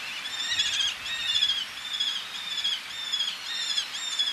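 Eleonora's falcon calling, a quick run of harsh, nasal notes, somewhat faint against a steady hiss.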